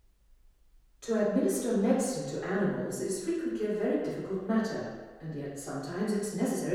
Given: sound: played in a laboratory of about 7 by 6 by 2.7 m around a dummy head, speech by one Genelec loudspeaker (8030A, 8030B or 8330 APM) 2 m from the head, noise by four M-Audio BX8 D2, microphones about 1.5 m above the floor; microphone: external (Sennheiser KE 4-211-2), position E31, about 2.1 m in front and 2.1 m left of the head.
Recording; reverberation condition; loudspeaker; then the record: female speech in English; high; 120 degrees to the right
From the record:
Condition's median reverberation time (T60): about 1300 ms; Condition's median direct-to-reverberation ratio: about -4.0 dB